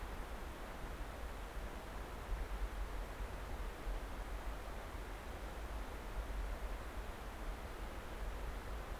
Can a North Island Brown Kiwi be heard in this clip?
no